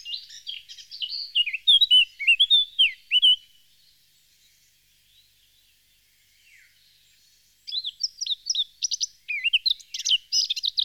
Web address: chants d'oiseaux Jean C Roche - Fauvette a tete noire